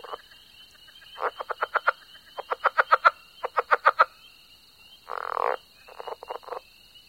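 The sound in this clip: Southern leopard frog giving bursts of rapid clucking pulses, then a harsh grating croak, then more pulses, over a constant high-pitched hum.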